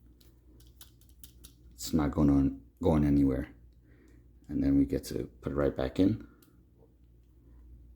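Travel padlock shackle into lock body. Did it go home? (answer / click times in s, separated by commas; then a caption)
no / none. A travel padlock is handled: its closed lock is pulled on to show it holds, and its metal shackle is about to be pushed back into the lock body. Someone talks, with a few faint clicks and ticks from the handling. Nothing has seated or clicked yet.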